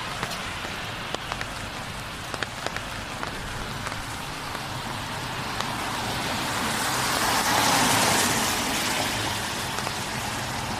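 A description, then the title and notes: A walk in the rain: steady dense patter of rain fills the clip, with sharp drip clicks landing every second or so. Around seven to nine seconds a brighter hiss swells and fades, like a car passing on wet road. Long Walk In The Rain Around The Neighborhood.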